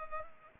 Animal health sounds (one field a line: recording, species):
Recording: mosquito wingbeat signal from an infrared sensor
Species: Culex pipiens